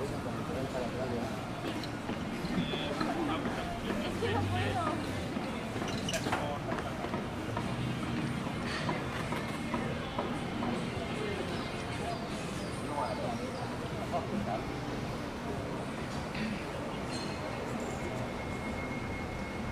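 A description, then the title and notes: Walking along a busy street, with a steady murmur of many voices talking over a constant low rumble of traffic. Short clicks and taps, likely footsteps, recur throughout, and a faint sustained high tone runs through the last few seconds. In this episode we are taking a stroll down the busy 5th avenue in Playa Del Carmen, Mexico. Music, Road Noise, Car Sounds, Footsteps, Spanish Speaking. Walking Down 5th Avenue In Playa Del Carmen.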